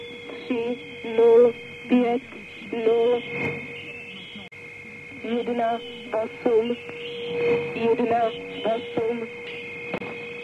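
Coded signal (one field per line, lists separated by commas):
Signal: numbers station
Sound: short spoken words at steady intervals, with constant whistling tones behind them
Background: radio static, heterodyne whistles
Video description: Soundtrack is a numbers station recording from the Conet Project.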